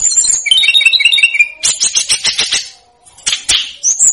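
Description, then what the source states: Snowy-browed flycatcher producing a fluttering trill, a burst of fast scratchy notes, a short pause, then a harsh burst and a thin high whistle. Masteran track made for training cage birds; Indonesian names Tledekan Gunung and Sikatan Gunung.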